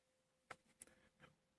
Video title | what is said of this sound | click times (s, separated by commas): How to change a spark plug on a Mazda 6 1.8s 2004 model (and get the right one for the car!) | Nice positive little click. | 0.5 s, 0.8 s